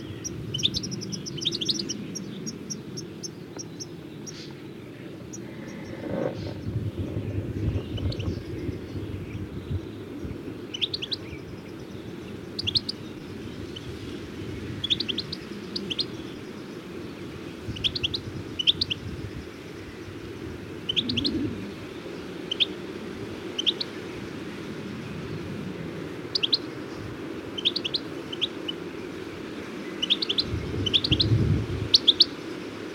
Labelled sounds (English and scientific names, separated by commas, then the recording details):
European Goldfinch (Carduelis carduelis)
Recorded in the wild
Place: Anklam, Mecklenburg-Vorpommern, DE
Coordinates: 53.812, 13.861
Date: 1980-05-26
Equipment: Nagra III BH, Sennheiser MD 21, parabola
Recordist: Schubert, Michael